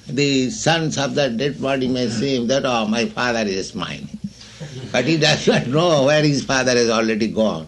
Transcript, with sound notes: the sons of that dead body may see him, that "Oh, my father is smiling." [laughter] But he does not know where his father has already gone.